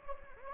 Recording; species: mosquito wingbeat signal from an infrared sensor; Anopheles gambiae